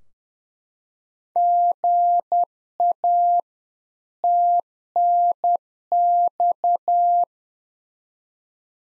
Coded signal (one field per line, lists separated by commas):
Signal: Morse code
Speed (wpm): 10 wpm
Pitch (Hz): 700 Hz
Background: none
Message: GA TNX